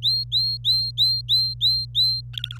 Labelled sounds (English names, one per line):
Domestic Canary song